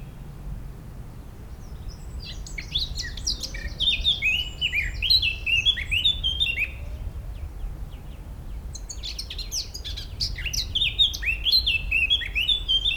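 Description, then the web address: Eurasian blackcap song in two bursts of quick, varied warbled notes with clear fluty whistles, a pause between them, over steady low background rumble. "pub SETE data Sylvia atricapilla"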